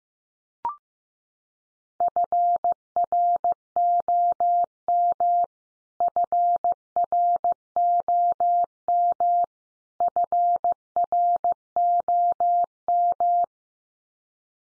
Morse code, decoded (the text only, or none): FROM FROM FROM